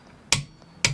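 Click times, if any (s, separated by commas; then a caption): 0.3 s, 0.8 s. A torque wrench tightens a caravan wheel nut until it clicks at its set torque. Two sharp, bright clicks sound at 0.3 s and 0.8 s over a quiet background, confirming the nut has reached the setting.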